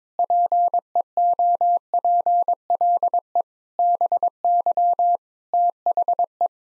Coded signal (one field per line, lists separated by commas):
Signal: Morse code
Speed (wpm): 22 wpm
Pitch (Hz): 700 Hz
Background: none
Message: PEOPLE BY THE